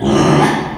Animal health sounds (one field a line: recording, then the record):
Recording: squeal of a Yucatan mini pig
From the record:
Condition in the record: after surgery on the right vocal fold (resection and tissue-engineered implant)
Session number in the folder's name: 3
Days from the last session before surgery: 33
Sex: male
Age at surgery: 12 weeks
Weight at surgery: 13 kg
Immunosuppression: cyclosporine, prednisolone